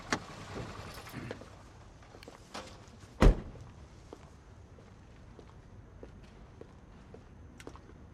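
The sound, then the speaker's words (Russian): A man gets out of his car and walks toward another person: steady footsteps punctuated by one sharp, heavy thud early on, like a car door shutting, then softer regular steps continue with no voices. “Он приехал к Скару, вышел из машины и направился к нему.”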